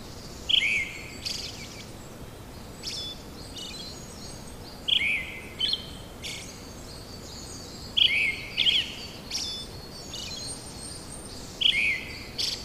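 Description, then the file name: Brown-headed thrush song: repeated phrases of a loud whistled falling note followed by high twittering trills, every few seconds, with steady background noise. "akahara"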